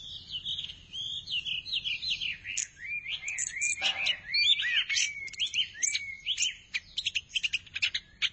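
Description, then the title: Thrush singing a fast stream of high twittering and slurred notes. "burung anis x"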